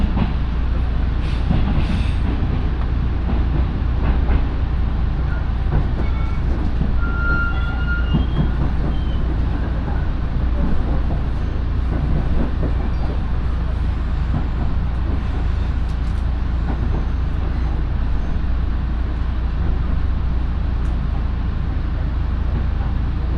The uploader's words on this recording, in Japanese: 耳で楽しむ鉄道旅 身延線普通 身延→市川大門。